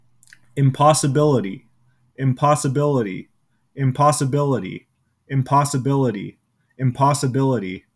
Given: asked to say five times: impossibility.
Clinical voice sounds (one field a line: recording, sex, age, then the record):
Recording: repeated word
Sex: male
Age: 20 to 29 years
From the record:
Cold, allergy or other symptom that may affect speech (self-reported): no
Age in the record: 27 years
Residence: Washington, United States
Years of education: 20